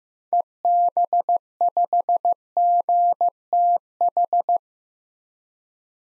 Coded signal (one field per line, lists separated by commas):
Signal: Morse code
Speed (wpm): 15 wpm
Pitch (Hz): 700 Hz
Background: none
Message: EB5GTH